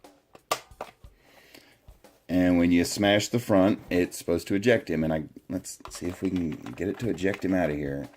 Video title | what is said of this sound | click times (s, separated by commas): Star Wars Force Link 2.0 Han Solo's Landspeeder | again you just want to push it straight down and you'll hear it click and when | 0.5 s